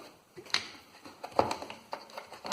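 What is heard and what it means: A plastic condenser unit is pushed back into its housing in the base of an Indesit tumble dryer after the pump impeller has been replaced. Several short taps and knocks of plastic are heard as it is slid in, and it clicks into place at 2.5 seconds, fully seated.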